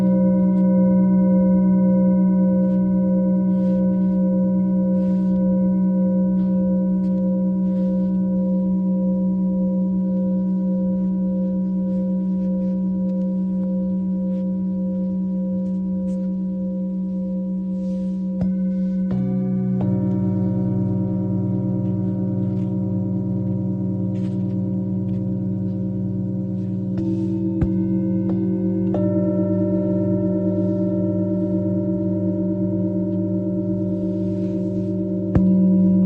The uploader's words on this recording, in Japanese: メキシコから シンギングボウルのサウンドヒーリング ライブ。